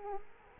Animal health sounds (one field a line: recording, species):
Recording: mosquito wingbeat signal from an infrared sensor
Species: Culex quinquefasciatus